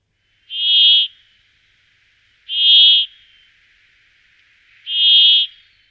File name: pěnkava-jikavec